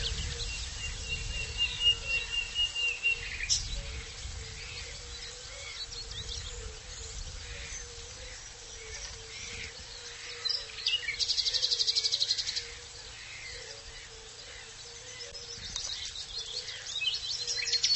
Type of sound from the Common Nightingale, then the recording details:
song. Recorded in the wild. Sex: male. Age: adult. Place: Linum, Brandenburg, DE. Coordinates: 52.765, 12.87. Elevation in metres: 35. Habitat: ponds. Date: 1999-04-25 14:51. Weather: partly sunny, ca. 17°C. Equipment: Sony MD-WM MZ-R3, Sennheiser MKH 416 T, Kopie Uher 4000 Report Monitor. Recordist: Tembrock, Günter